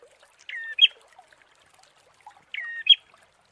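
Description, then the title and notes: Prinia song phrase: a whistled note followed by a sharp chirp, given twice about two seconds apart over a quiet background. Prenjak; tutor (masteran) therapy recording for training birds. "Masteran Terapi Prenjak. Burung Prenjak"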